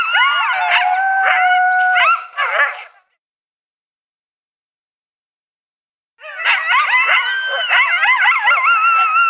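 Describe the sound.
Coyote howling and yipping, steady wailing tones threaded with quick choppy yelps, pausing for a few seconds, then returning.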